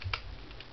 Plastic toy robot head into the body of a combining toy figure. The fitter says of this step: then you push the head down so it snaps